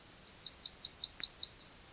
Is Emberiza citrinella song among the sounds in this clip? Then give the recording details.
yes. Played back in grassland. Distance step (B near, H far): B. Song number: 101